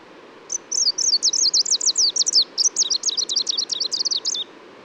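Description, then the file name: Greenish warbler song: a rapid, high-pitched run of thin, sharply rising and falling notes lasting nearly four seconds, each note clipped and tumbling. Subspecies viridanus, recorded at Labská důl, Czech Republic, on 26 May 2018. "180526 BIO greenishw-viridanus-1-M-S cz labska-dul"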